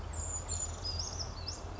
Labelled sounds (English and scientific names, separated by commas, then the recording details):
Brown Creeper (Certhia americana)
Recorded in Sonoma County, California